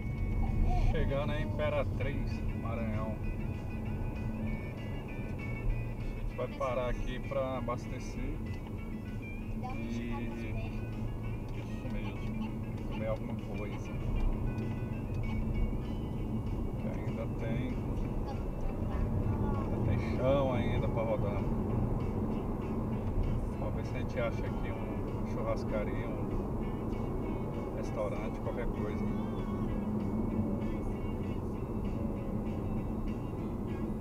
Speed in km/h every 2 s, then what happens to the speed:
41, 47, 50, 48, 47, 50, 53, 55, 62, 72, 78, 81, 81, 80, 75, 71, 65.
0-3 speeds up to 50. 3-8 steady at about 48. 8-22 speeds up to 81. 22-27 steady at about 81. 27-34 slows to 65.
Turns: none.